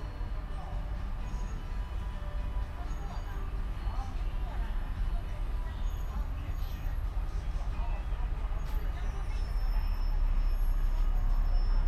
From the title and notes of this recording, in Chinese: 坐在300快外晒太阳｜城市声音。很喜欢300快外公交，坐在二层的第一排，被太阳从头到脚晒着，很浪漫。